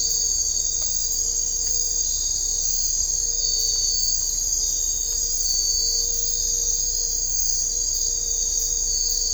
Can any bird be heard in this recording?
no